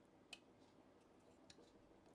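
A small plastic plate is pushed by hand into two holes in the hand/arm part of a Fanhome Transformers Movie Optimus Prime model robot. It is a tight push-fit, and a sharp click at 0.3 s marks it seating, with a fainter tick at 1.5 s over low background noise. The plate ends up pushed in and seated.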